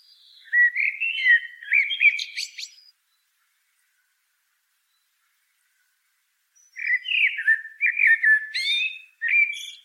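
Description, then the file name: Common blackbird song: two separated phrases of fluty whistles, each ending in scratchy, high twittering notes. "Turdus merula"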